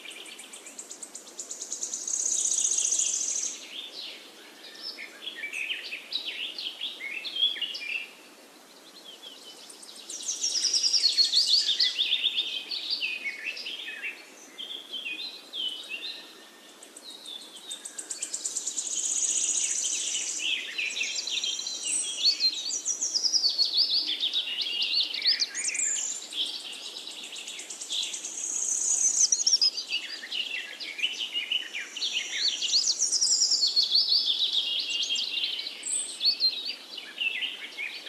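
Forest birds sing almost without pause, a dense overlap of bright chirps, trills and quick whistles high in pitch. The chorus swells and thins in waves every few seconds, with brief lulls around 8 and 15 seconds. Nothing sounds underneath, and no low rumble appears.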